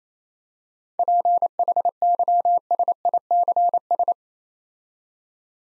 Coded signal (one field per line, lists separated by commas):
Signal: Morse code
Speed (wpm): 27 wpm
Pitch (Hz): 700 Hz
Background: none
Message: PHYSICS